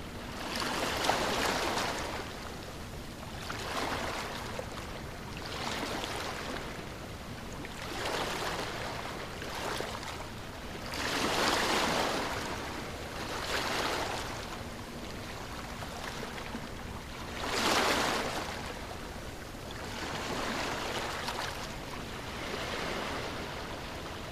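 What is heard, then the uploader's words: Gentle waves wash in roughly every three seconds, soft hissy swells over a low, steady rumble, with a stronger surge around eighteen seconds. Light Ocean Breeze & Relaxing Waves. Waves, like nature's lullaby, rhythmically lap against the shore.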